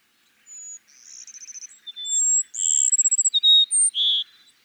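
Cassin's sparrow song: a thin high whistle, a quick trill, then a varied series of clear whistled notes and rapid pulses at different pitches.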